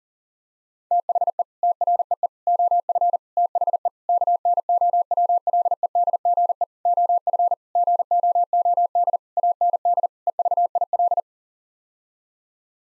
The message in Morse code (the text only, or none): THE TREE OF THE KNOWLEDGE OF GOOD AND EVIL